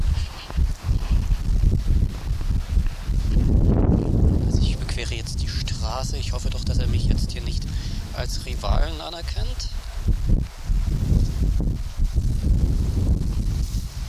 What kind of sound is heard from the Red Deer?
rut call